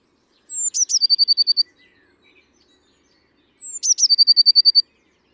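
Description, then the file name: Eurasian blue tit song, two phrases: a thin high sliding note, then a rapid ringing trill lasting about a second, separated by a silence of about two seconds. "Cyanistes caeruleus"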